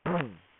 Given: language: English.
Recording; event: throat vibration sensor signal played as sound; throat clearing